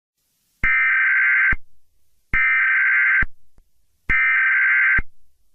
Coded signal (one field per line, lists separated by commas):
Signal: Emergency Alert System (SAME) tones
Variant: header bursts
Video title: EMERGENCY ALERT SYSTEM | Zombie Apocalypse